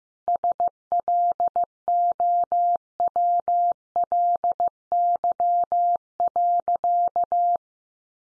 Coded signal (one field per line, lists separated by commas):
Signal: Morse code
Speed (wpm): 15 wpm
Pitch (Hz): 700 Hz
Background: none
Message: SLOWLY.